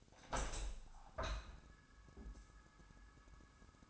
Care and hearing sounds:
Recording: daily activity, microphone in the room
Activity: open window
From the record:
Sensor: 2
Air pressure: 1000.3 hPa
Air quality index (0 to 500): 133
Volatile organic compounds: 2 ppm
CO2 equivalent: 1112 ppm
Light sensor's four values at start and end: 11/30/11/13 and 11/31/12/14

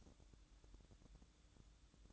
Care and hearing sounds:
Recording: daily activity, microphone in the room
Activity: light off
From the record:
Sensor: 3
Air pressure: 1007.9 hPa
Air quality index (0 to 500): 101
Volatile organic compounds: 1 ppm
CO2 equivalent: 847 ppm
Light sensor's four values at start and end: 9/21/8/8 and 9/21/8/8

